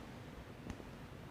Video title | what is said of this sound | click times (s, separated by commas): Lego Working gun!!!(mechanism tutorial) | That clicking noise, which means that it's locked inside. | 0.7 s